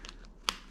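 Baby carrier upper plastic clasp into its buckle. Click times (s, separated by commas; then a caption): 0.5 s. The second upper plastic clasp of a baby carrier is clipped into its buckle. A few faint plastic ticks come first, then a sharp click at 0.5 s as it seats shut and secure.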